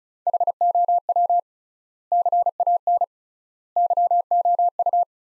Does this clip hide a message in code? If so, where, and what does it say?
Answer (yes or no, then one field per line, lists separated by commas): yes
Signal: Morse code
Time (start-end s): 0.3-5.0 s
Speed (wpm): 36 wpm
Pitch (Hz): 700 Hz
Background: none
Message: HOW CAN YOU